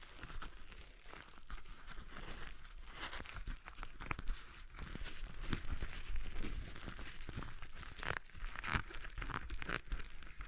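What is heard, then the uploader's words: A stress ball is squeezed and worked over and over, giving a dense run of crinkly, crackling squishes with frequent sharp clicks and pops. The texture stays busy throughout, with brighter snaps clustering around the middle and a few faint squeaky tones near the end. ASMR Relaxing Stress Ball Sounds (No Talking).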